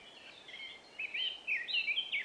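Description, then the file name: Eurasian blackcap song, quiet warbling that breaks into loud fluty whistled phrases with wavering, rising and falling notes. "Sylvia atricapilla"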